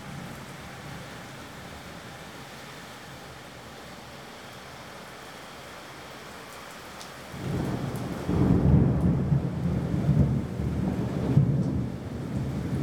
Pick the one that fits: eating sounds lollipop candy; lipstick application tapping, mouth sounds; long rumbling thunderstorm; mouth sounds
long rumbling thunderstorm